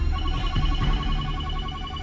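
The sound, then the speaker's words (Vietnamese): A mobile phone vibrates with an incoming text message, a steady run of short, repeating electronic tones pulsing at a quick, even rhythm over a low background hum, with no voices. “Điện thoại của anh lại rung lên.”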